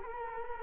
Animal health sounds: mosquito wingbeat signal from an infrared sensor; Culex quinquefasciatus

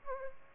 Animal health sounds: mosquito wingbeat signal from an infrared sensor; Aedes albopictus

